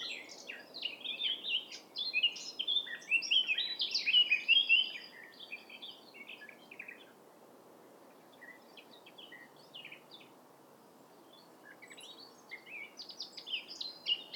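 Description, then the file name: Eurasian blackcap song, a dense scratchy warble for about five seconds, followed by scattered faint notes and a short closing phrase. "Sylvia atricapilla"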